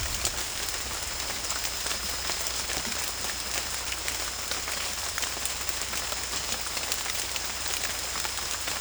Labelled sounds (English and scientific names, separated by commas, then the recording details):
none
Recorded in secondary vegetation near Puerto Asís, Putumayo, Colombia, on 22 December 2024 at 18:00
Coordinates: 0.488, -76.319
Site GP04